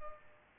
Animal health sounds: mosquito wingbeat signal from an infrared sensor; Culex pipiens

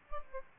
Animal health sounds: mosquito wingbeat signal from an infrared sensor; Aedes albopictus

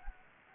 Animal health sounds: mosquito wingbeat signal from an infrared sensor; Anopheles gambiae

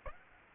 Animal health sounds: mosquito wingbeat signal from an infrared sensor; Aedes aegypti

